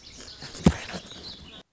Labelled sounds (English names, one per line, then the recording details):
Lazuli Bunting
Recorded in Sonoma County, California